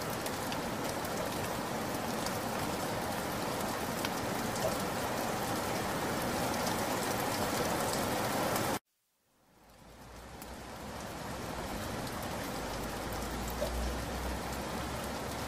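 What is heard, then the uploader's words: Steady, dense rain hisses evenly for about nine seconds, full with a bright spattering top. It then cuts out abruptly to near silence, and the rain fades back in over the next few seconds, softer and thinner, with a low rumble underneath. Relaxing rain sounds.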